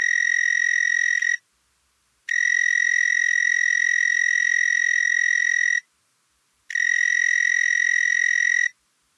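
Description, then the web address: Narrow-winged tree cricket song: a steady, high, pulsing trill given in three long bursts separated by brief pauses. North America. "Songs of Insects. Narrow-winged Tree Cricket"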